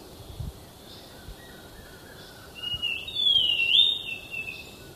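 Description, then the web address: Thrush-like schiffornis song: a single clear whistled phrase that slides up, wavers and falls away, with faint background hiss. Ecuador. "Birds of Ecuador. Thrush-like Schiffornis"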